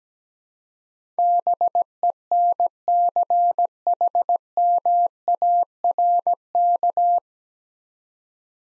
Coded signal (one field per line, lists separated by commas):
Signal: Morse code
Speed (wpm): 17 wpm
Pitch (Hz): 700 Hz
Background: none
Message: BENCHMARK